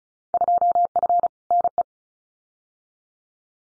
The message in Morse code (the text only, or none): 2F NE